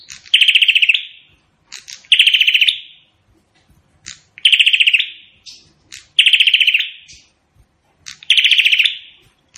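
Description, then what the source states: Prinia song: five sharp staccato rattles, each a quick burst of even pulses ending in a fading buzz, with brief clicks and chirps in the gaps. Indonesian prenjak in vigorous full song (gacor), its call described as sounding like AK-47 gunfire.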